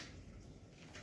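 A plastic part of a Parkside wet and dry vacuum cleaner is handled and lined up the right way round to clip on. Only a low, steady rumble with faint handling noise is heard, with no sharp transients. Nothing has seated or clicked yet.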